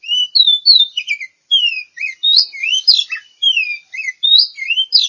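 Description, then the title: Oriental magpie-robin giving a continuous medley of clear falling whistles and twittering notes, with a few brief gaps. Champion singing bird. "Kicau Burung Kacer Juara"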